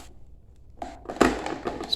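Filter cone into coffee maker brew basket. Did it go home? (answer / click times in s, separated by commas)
yes / 1.9 s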